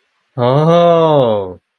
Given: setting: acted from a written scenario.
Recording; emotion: vocal sound without words; awe